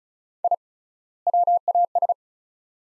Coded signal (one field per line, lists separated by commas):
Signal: Morse code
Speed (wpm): 34 wpm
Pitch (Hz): 700 Hz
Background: none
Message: I WAS